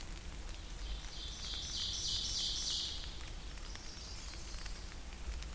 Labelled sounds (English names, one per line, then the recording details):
Ovenbird song
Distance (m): 40 m
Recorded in boreal forest in Alberta, Canada, on 8 June 2016 at 08:52
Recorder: SongMeter 3, array SBT-3-9
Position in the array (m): 165 m, 150 m
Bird 35